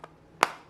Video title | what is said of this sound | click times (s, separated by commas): MY AMAZON KITCHEN FAVS - SHARING MY FAVORITE KITCHEN GADGETS - MEAL PREPPER KITCHEN - GIFT IDEAS | you can hear it click but i just wouldn't trust that it wouldn't open if you were just leaving this loose | 0.4 s